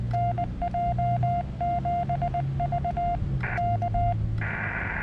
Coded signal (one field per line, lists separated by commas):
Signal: Morse code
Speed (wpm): 20 wpm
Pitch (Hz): 700 Hz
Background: none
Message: NJ7V K